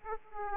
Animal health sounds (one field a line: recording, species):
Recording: mosquito wingbeat signal from an infrared sensor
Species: Aedes aegypti